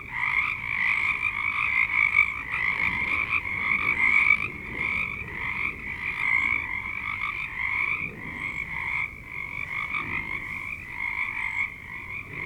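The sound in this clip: Frog chorus of many overlapping croaking callers forming a steady rattling drone that pulses in loudness.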